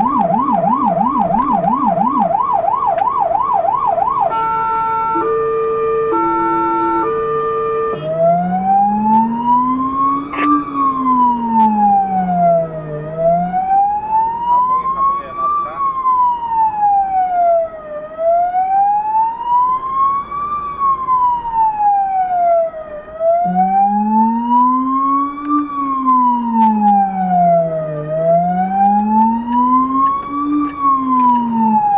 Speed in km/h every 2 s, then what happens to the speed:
61, 62, 63, 64, 64, 62, 52, 48, 40, 36, 36, 30, 22, 17, 14, 25.
0-11 steady at about 62. 11-27 slows to 14.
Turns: none.